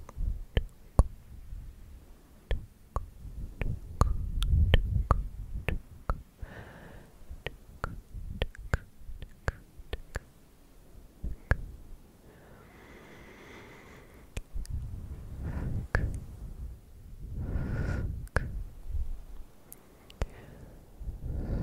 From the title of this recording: ASMR clicky mouth sounds, tktk, sksk, tongue clicking and more